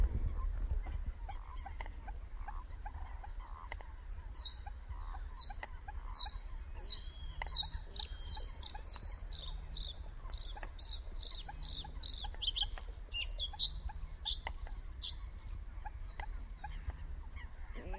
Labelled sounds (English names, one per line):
Bluethroat song